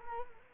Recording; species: mosquito wingbeat signal from an infrared sensor; Culex quinquefasciatus